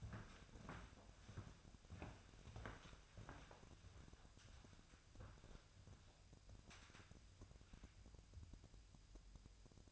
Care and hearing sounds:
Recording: daily activity, microphone in the room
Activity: walk to room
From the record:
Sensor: 2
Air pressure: 999.8 hPa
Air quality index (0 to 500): 120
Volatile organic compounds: 2 ppm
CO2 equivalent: 1034 ppm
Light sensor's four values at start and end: 28/67/30/33 and 28/67/30/33

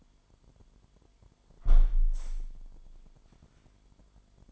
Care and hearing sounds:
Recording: daily activity, microphone in the room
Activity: close window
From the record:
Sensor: 5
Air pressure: 998.7 hPa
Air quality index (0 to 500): 106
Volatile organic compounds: 2 ppm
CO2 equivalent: 1226 ppm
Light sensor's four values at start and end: 48/118/49/56 and 47/118/49/55

